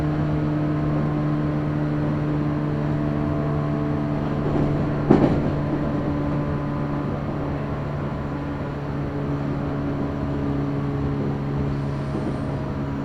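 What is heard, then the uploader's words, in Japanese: Inside a moving train, a steady low motor hum with a faint whine above it runs throughout at an even level. A short knock or rattle stands out near the five-second mark, and a faint high hiss comes in briefly toward the end. 鹿児島本線・筑豊本線 九州工大前→折尾→本城。北九州市内の工業地帯を行くので貨物用の側線が多く並んでいて。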